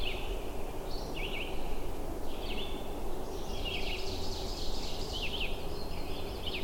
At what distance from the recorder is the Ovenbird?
about 65 m